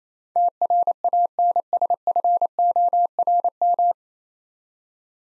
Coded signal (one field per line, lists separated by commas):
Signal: Morse code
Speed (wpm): 28 wpm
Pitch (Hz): 700 Hz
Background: none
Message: TRANSFORM